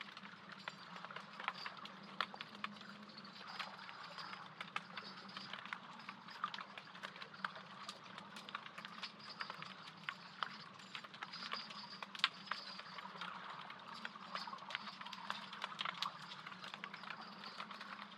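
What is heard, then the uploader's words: Underwater hydrophone sound from a harbor, made of dense, constant crackling and snapping clicks spread across the upper range. A steady low hum runs beneath throughout, and the sharper pops come in irregular bursts for the full eighteen seconds. Underwater hydrophone recording taken in Merlion Park, Singapore. Recorded by Marcel Gnauk.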